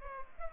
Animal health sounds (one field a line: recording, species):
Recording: mosquito wingbeat signal from an infrared sensor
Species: Culex pipiens